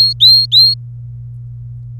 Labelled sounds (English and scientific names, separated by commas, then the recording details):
Domestic Canary (Serinus canaria) song
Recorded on 27 April 2018 at 10:04
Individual llb3